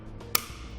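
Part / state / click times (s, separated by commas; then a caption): torque tool tightening a roof rack foot onto the raised rail / torque reached / 0.4 s. The supplied torque tool tightens a foot bolt of a Thule WingBar Evo roof rack for naked roofs, fitting the foot onto the raised rail of a 2014 Nissan Murano. A single sharp click sounds at 0.4 s over a quiet background. The click shows the proper torque setting has been reached and the foot is tight.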